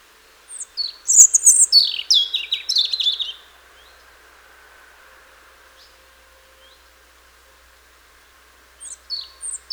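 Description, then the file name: European robin song: a rapid, varied phrase of high thin whistles and trills lasting about three seconds, a long pause, then another phrase beginning near the end; faint low hum behind. "Erithacus rubecula"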